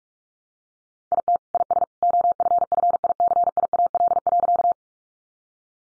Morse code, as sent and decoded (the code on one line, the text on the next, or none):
.. - / .. ... / --- ..-. ..-. .. -.-. .. .- .-.. .-.-.-
IT IS OFFICIAL.